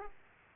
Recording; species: mosquito wingbeat signal from an infrared sensor; Aedes aegypti